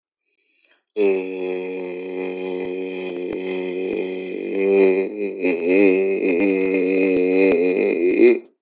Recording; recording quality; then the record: sustained vowel as in made; excellent, no background noise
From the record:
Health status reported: healthy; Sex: male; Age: 26 years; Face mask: not worn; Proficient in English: yes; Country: Canada